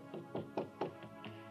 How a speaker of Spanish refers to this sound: cuando nos sorprendimos al escuchar tocar la puerta. No esperábamos a nadie.